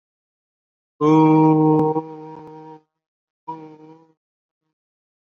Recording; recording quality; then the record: sustained vowel as in boot; excellent, no background noise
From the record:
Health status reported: COVID-19 positive, mild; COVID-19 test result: positive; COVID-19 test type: RT-PCR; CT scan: not taken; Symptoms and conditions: cold, fever, another respiratory illness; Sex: male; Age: 27 years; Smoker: no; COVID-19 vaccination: both doses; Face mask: worn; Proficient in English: yes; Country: India